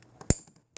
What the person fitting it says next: that's the snap you want to hear.